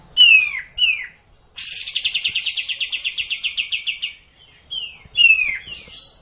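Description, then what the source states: Cililin song: a few slurred descending whistles, then a long fast even trill of bright repeated notes for about two and a half seconds, followed by more whistles. Song in the style called kapas tembak.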